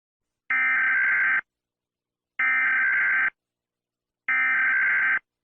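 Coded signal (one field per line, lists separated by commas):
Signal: Emergency Alert System (SAME) tones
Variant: header bursts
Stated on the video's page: Simulated EAS scenario alert.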